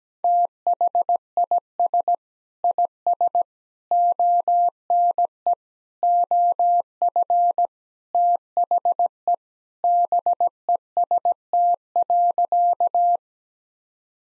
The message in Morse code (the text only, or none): THIS IS ONE OF THE BEST.